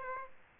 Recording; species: mosquito wingbeat signal from an infrared sensor; Aedes aegypti